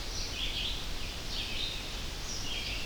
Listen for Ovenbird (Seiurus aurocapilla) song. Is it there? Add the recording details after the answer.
no. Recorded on 25 June 2016 at 07:47. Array SBT-6-76